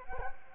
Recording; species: mosquito wingbeat signal from an infrared sensor; Culex quinquefasciatus